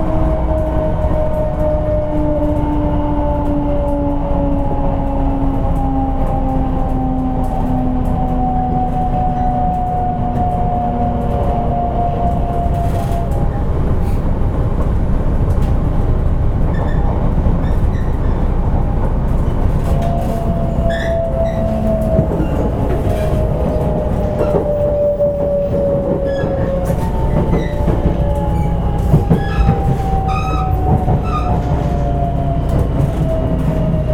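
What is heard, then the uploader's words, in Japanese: A Shinkansen 500 series train runs with a steady, dense low roar throughout. Gliding whining tones slowly fall in pitch over the first twelve seconds, then return and fall again near 20 and 27 seconds, with scattered clicks and rattles in the later half. 新幹線500系 山陽新幹線 こだま号 厚狭到着前から新山口まで。新幹線500系電車の走行音です。JR西日本 山陽新幹線で録音しました。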